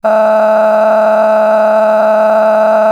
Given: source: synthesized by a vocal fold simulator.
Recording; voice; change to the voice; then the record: sustained vowel; female; a random mix of aspiration noise, stiffness perturbation and strain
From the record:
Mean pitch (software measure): 216 Hz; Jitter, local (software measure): 2.07%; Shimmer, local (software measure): 11.1%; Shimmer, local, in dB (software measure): 0.99 dB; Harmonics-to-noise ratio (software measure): 13.6 dB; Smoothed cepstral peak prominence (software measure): 13.1 dB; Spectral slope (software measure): -22.3 dB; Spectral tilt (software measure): -11.0 dB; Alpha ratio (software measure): -12.8 dB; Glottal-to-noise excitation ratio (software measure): 0.926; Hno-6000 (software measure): 2.2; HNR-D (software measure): 32.8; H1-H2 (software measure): 5.3 dB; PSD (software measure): 8.9e-05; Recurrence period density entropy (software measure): 0.111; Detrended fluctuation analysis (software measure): 0.0174